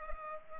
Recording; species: mosquito wingbeat signal from an infrared sensor; Culex pipiens